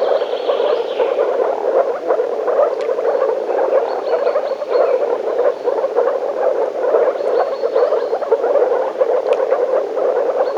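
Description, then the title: Frogs croaking in a constant rattling chorus, with repeated short high chirps and a couple of sharp clicks. Frogs in a forest. "лягушки frogs in the forest"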